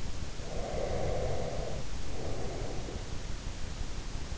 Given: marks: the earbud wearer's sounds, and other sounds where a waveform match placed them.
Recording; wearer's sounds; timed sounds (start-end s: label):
sounds in sleep by an in-ear microphone; breath
0.37-3.57 s: breath